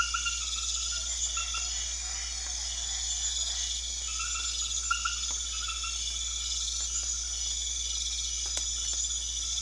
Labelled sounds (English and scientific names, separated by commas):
none